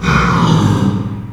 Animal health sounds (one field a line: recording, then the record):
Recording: squeal of a Yucatan mini pig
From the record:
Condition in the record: after surgery on the right vocal fold (resection and tissue-engineered implant)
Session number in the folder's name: 15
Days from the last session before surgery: 175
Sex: female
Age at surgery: 19 weeks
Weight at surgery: 25 kg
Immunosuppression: prednisolone